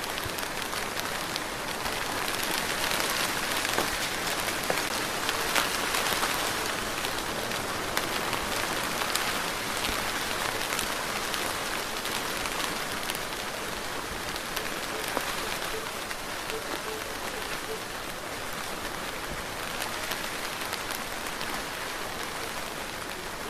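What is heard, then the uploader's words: A steady rain shower falls throughout, a dense, even hiss of countless drops pattering on a surface. The sound stays bright with little change in loudness, and a faint low rumble sits underneath the whole time. Uninterrupted 90 minutes of a relaxing rain shower. The constant rain shower is a blanket of white noise. Relaxing Calm Rain Shower.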